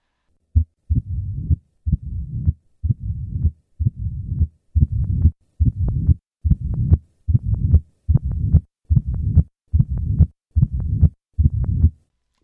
The murmur of mitral stenosis is enhanced by any maneuver that increases the heart rate or the left atrial left ventricular pressure gradient. To have the patient perform a few sit-ups. The change in the murmur of mitral stenosis as the heart rate increases.